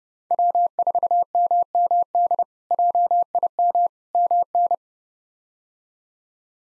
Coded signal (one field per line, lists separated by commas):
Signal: Morse code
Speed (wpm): 30 wpm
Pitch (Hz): 700 Hz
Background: none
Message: W4MMD JIM MN